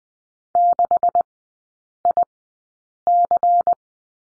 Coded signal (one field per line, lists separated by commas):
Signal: Morse code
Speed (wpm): 20 wpm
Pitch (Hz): 700 Hz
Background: none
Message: 6IC